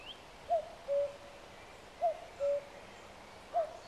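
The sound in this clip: Cuckoo giving clear two-note calls, a short falling first note and a lower steady second, three phrases spaced about one and a half seconds apart.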